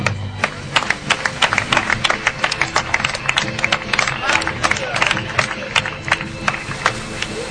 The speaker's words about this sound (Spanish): que suba, fuerte aplauso, por favor.